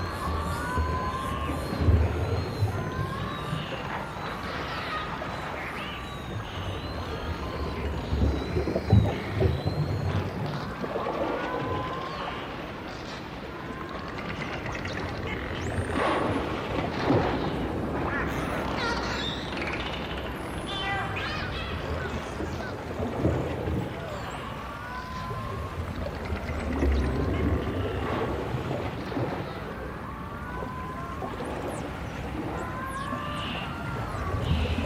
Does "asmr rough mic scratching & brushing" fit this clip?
no